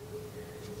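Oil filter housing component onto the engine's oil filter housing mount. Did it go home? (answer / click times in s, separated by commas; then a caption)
no / none. During an oil filter housing gasket replacement on a 2005–2015 Honda Pilot 3.5, a part of the oil filter housing assembly, likely the housing with its new gasket and O-ring, is pushed by hand onto the engine's oil filter housing mount. Only a steady low hum with a faint tone near 400 Hz is heard, with no sharp hits or talking. The part has not clicked into place yet.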